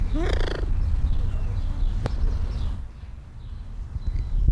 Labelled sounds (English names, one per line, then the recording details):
Arabian Partridge call
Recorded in captivity
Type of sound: call
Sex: male
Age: adult
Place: Tierpark Berlin, Berlin, DE
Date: 1994-04-08 11:31
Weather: sonnig, 5°C
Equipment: Marantz CP 430, Sennheiser ME 80, Kopie Uher Variocord 263
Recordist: Tembrock, Günter
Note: Männchen (?): wohl Abwehrlaut auf Beobachter bezogen